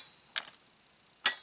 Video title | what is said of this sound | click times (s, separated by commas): How to change the oil in the Duramax 2.8L ZR2 | you hear a click that's all the tighter it needs to be eighteen foot pounds | 1.3 s